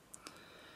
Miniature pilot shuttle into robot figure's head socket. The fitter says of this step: and you can push that down so it locks into place